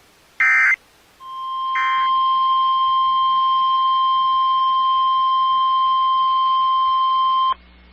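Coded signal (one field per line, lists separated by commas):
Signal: Emergency Alert System (SAME) tones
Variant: 1050 Hz attention tone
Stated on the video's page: Live enthusiast stream of EAS content.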